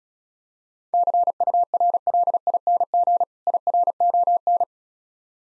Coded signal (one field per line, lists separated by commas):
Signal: Morse code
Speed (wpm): 36 wpm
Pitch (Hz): 700 Hz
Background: none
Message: CURLING IRON